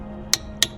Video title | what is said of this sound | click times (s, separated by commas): How to change your car tires | You're going to tighten this again in a star pattern until you hear this thing click. | 0.3 s, 0.6 s